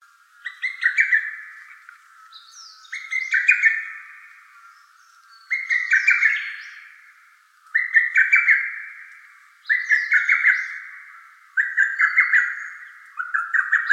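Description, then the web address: Lesser cuckoo repeating its quick, chattering whistled phrase about every two seconds. Recorded on 24 May 2017. "birdenaga hototogisu"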